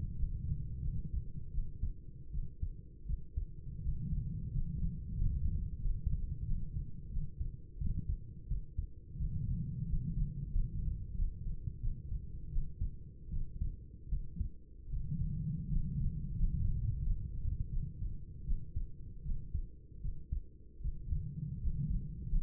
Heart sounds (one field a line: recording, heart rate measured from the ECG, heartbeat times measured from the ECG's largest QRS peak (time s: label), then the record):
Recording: heart sounds by stethoscope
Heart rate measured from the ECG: 84 bpm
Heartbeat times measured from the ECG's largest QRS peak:
0.15 s: heartbeat
0.80 s: heartbeat
1.50 s: heartbeat
2.30 s: heartbeat
3.05 s: heartbeat
3.80 s: heartbeat
4.50 s: heartbeat
5.16 s: heartbeat
5.80 s: heartbeat
6.43 s: heartbeat
7.08 s: heartbeat
7.77 s: heartbeat
8.47 s: heartbeat
9.16 s: heartbeat
9.85 s: heartbeat
10.50 s: heartbeat
11.14 s: heartbeat
11.79 s: heartbeat
12.48 s: heartbeat
13.29 s: heartbeat
14.08 s: heartbeat
14.89 s: heartbeat
15.68 s: heartbeat
16.36 s: heartbeat
17.02 s: heartbeat
17.69 s: heartbeat
18.43 s: heartbeat
19.22 s: heartbeat
20.00 s: heartbeat
20.80 s: heartbeat
21.58 s: heartbeat
22.27 s: heartbeat
From the record:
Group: healthy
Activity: rest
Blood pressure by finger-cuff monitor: 99/51 mmHg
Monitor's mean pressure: 66 mmHg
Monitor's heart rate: 86 bpm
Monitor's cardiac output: 7.5 L/min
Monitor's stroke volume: 90 mL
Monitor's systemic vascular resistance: 650 dyn s/cm5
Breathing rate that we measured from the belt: 10 breaths a minute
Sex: female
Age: 26 years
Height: 165 cm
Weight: 55 kg